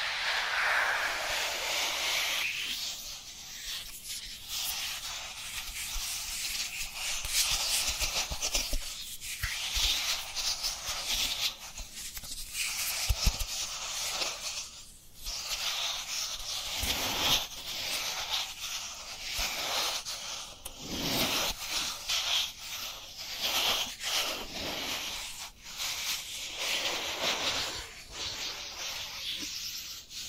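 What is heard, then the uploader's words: Dry hands rub together in a steady, papery swishing that runs the whole time, mostly bright and hissy with little low end. The strokes come irregularly, with brief louder scrapes and small pops around the middle and near twenty seconds. Dry Dry Hand Sounds. (No Talking).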